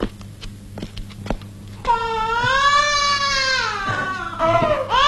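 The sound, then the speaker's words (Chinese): After a short, quiet stretch with a few soft clicks, an infant bursts into a loud, high-pitched wailing cry that rises and falls, breaks off briefly, then starts up again, in a scene from the film 笑破情网 in which Feng Gong tries to soothe the baby to sleep. “说到这儿呢，我们来听一听影片中冯巩哄孩子的那个片段。”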